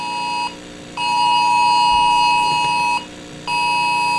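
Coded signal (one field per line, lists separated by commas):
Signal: Emergency Alert System (SAME) tones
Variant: 853 and 960 Hz attention tone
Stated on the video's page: Fictional EAS scenario about fog, simulated alert tones.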